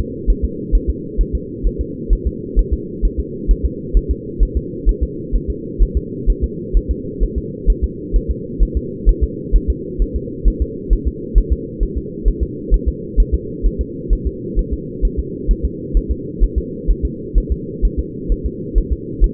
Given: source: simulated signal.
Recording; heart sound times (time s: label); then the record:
fetal heart sounds
0.30 s: S1
0.45 s: S2
0.75 s: S1
0.90 s: S2
1.21 s: S1
1.35 s: S2
1.67 s: S1
1.81 s: S2
2.13 s: S1
2.27 s: S2
2.59 s: S1
2.73 s: S2
3.05 s: S1
3.20 s: S2
3.51 s: S1
3.65 s: S2
3.97 s: S1
4.11 s: S2
4.43 s: S1
4.57 s: S2
4.89 s: S1
5.03 s: S2
5.36 s: S1
5.50 s: S2
5.83 s: S1
5.97 s: S2
6.30 s: S1
6.44 s: S2
6.77 s: S1
6.91 s: S2
7.23 s: S1
7.38 s: S2
7.70 s: S1
7.84 s: S2
8.16 s: S1
8.31 s: S2
8.63 s: S1
8.77 s: S2
9.09 s: S1
9.23 s: S2
9.56 s: S1
9.70 s: S2
10.02 s: S1
10.16 s: S2
10.48 s: S1
10.62 s: S2
10.93 s: S1
11.07 s: S2
11.38 s: S1
11.53 s: S2
11.83 s: S1
11.97 s: S2
12.28 s: S1
12.43 s: S2
12.74 s: S1
12.88 s: S2
13.20 s: S1
13.35 s: S2
13.66 s: S1
13.81 s: S2
14.13 s: S1
14.27 s: S2
14.59 s: S1
14.73 s: S2
15.05 s: S1
15.19 s: S2
15.51 s: S1
15.65 s: S2
15.97 s: S1
16.11 s: S2
16.43 s: S1
16.58 s: S2
16.90 s: S1
17.05 s: S2
17.38 s: S1
17.52 s: S2
17.85 s: S1
18.00 s: S2
18.32 s: S1
18.46 s: S2
18.78 s: S1
18.93 s: S2
19.24 s: S1
From the record:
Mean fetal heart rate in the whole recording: 130 bpm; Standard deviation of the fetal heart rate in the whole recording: 2 bpm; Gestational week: 36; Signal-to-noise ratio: -4.1 dB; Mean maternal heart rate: no maternal heart sound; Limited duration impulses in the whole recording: absent